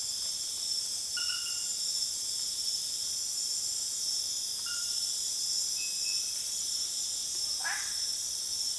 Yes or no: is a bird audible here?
no